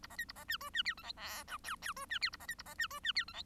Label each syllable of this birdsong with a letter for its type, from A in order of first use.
A B C A B D E D F G H I J K K E D F A B C A B D E D F G H